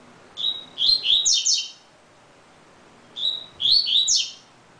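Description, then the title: Double-collared seedeater giving two phrases of clear, high whistled notes, each opening with a steady note and then rapid sweeping slurs. "Canto Coleiro"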